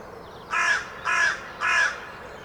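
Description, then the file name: Carrion crow calling: three harsh, hoarse caws in quick succession, evenly spaced about half a second apart. "Corvus corone"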